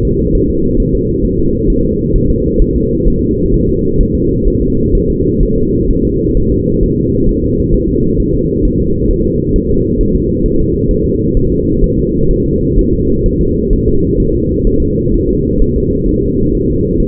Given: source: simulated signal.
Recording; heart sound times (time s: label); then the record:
fetal heart sounds
0.05 s: S2
0.35 s: S1
0.50 s: S2
0.80 s: S1
0.95 s: S2
1.25 s: S1
1.39 s: S2
1.70 s: S1
1.85 s: S2
2.16 s: S1
2.30 s: S2
2.62 s: S1
2.76 s: S2
3.08 s: S1
3.22 s: S2
3.54 s: S1
3.69 s: S2
4.00 s: S1
4.15 s: S2
4.48 s: S1
4.62 s: S2
4.95 s: S1
5.10 s: S2
5.43 s: S1
5.58 s: S2
5.91 s: S1
6.05 s: S2
6.37 s: S1
6.52 s: S2
6.83 s: S1
6.98 s: S2
7.29 s: S1
7.44 s: S2
7.74 s: S1
7.89 s: S2
8.20 s: S1
8.35 s: S2
8.65 s: S1
8.80 s: S2
9.11 s: S1
9.25 s: S2
9.56 s: S1
9.71 s: S2
10.01 s: S1
10.15 s: S2
10.46 s: S1
10.60 s: S2
10.91 s: S1
11.06 s: S2
11.37 s: S1
11.52 s: S2
11.84 s: S1
11.99 s: S2
12.31 s: S1
12.46 s: S2
12.79 s: S1
12.93 s: S2
13.26 s: S1
13.41 s: S2
13.73 s: S1
13.88 s: S2
14.20 s: S1
14.35 s: S2
14.67 s: S1
14.82 s: S2
15.14 s: S1
15.29 s: S2
15.62 s: S1
15.76 s: S2
16.09 s: S1
16.23 s: S2
16.55 s: S1
16.70 s: S2
17.00 s: S1
From the record:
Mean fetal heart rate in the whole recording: 130 bpm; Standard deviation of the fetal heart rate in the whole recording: 4 bpm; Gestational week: 38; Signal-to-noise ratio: -15.3 dB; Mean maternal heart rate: 72 bpm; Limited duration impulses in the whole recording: present